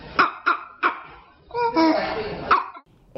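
A child's barking, hoarse-sounding cough, in several short harsh bursts.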